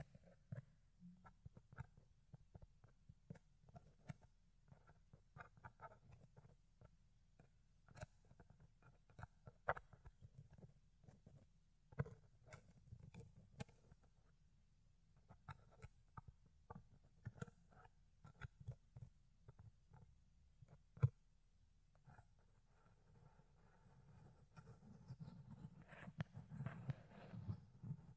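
Ear cleaning and picking: a steady stream of soft, irregular scratches, taps and crackles, some sharp clicks standing out around 12 and 21 seconds. A low rumbling hum runs underneath and grows fuller and denser in the last few seconds.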